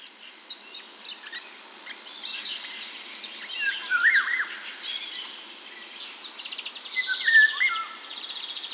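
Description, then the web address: Eurasian golden oriole fluting whistles, two short swooping phrases heard amid a busy chorus of thin, high twittering birds and steady background hiss. Recorded at Sjöbacken on 14 June 2008. "sjobacken ljud oriole"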